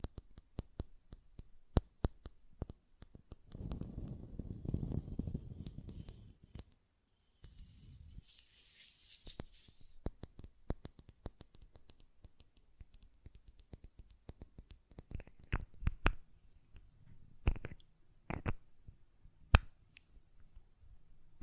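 Sharp, bright taps on a glass perfume bottle come in quick irregular runs across the whole clip. Between about 3.5 and 6.5 seconds a low rumbling scrape swells beneath the taps, likely the lid turning, and later a softer hiss and clustered clicks follow.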